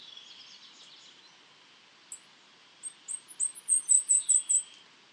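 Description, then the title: São Francisco sparrow song: scattered very high thin notes that speed up into a quick run of sharp chips near the end, over a soft steady hiss. "LuckyPassaro Completos2Sama. Sao Francisco Sparrow (Arremon franciscanus)"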